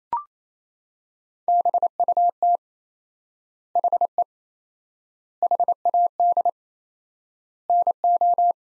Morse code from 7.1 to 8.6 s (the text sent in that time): NO